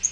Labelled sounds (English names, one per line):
Yellow-rumped Warbler flight call